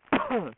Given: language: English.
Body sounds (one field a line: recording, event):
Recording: throat vibration sensor signal played as sound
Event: cough